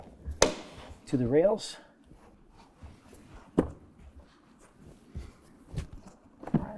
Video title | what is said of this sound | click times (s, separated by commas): How to Install BakFlip MX4 Hard Folding Tonneau Cover on a 2024 Ford Ranger | now as we set it in place we're probably going to hear it click when the latches attach | 0.4 s